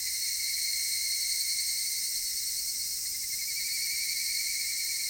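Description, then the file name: Cicadas buzzing in chorus, an unbroken sizzling drone with a bright steady tone, level throughout. Cicadas recorded in Japan. "Cigales nippon"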